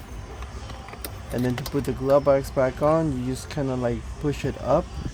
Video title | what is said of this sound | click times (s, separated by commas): How To Replace Cabin Air Filter Toyota Rav 4 | then the rest just snaps into place | 0.4 s, 1.0 s